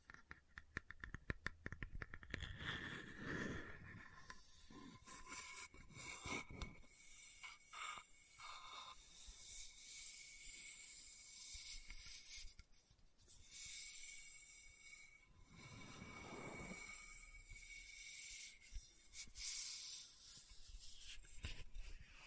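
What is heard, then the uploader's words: Scratching and rubbing on a lid, with a burst of quick taps early on, then slower rasping strokes and scrapes returning every few seconds. Lid Sounds & Bottle Tapping, Scratching.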